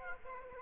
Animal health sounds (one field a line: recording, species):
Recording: mosquito wingbeat signal from an infrared sensor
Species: Aedes aegypti